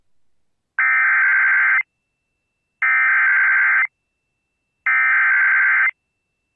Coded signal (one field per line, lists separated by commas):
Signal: Emergency Alert System (SAME) tones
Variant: header bursts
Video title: Severe thunderstorm warning (Eas 62￼)